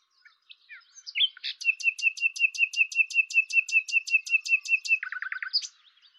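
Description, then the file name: Common nightingale song: a long, fast, regular series of sharp repeated notes with high spikes, ending in a lower rapid trill. "Luscinia megarhynchos"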